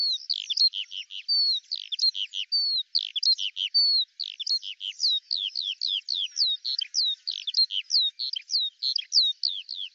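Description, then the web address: Eurasian skylark song, dense and unbroken, with high twittering, slurred whistles and chirps tumbling quickly over ten seconds. "Deverinetal 2025 Bird Al Ar"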